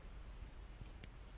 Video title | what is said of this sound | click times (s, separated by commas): TUTO installation régulateur de vitesse commande au volant BMW e46 | Tac. Il faut entendre un petit clic. | 1.0 s